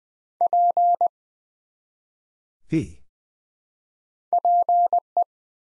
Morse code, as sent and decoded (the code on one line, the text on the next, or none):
.--. / .--. .
P PE